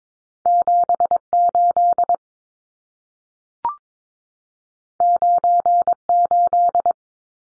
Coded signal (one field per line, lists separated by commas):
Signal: Morse code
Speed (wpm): 22 wpm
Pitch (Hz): 700 Hz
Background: none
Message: 78 98